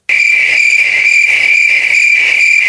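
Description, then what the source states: Crickets: a dense, steady high trill with a pulsing texture. Real crickets, sounding like many crickets.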